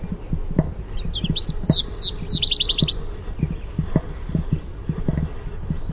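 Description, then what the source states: American goldfinch singing one twittering phrase of swooping whistled notes that ends in a quick trill, against steady background clicks and taps. Contact song with "sweeet" notes.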